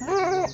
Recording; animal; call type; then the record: contact call of a hoofed animal; goat; low-frequency (closed-mouth) or high-frequency (open-mouth) call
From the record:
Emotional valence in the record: negative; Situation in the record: short social isolation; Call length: 0.54 s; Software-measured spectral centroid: 1840 Hz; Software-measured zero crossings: 2380 a second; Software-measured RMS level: -24 dBFS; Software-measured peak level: -13 dBFS